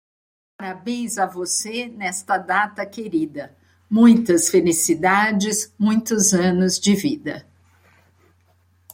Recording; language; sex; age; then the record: short text; Brazilian Portuguese; female; 50 to 59 years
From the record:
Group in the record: control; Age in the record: 58 years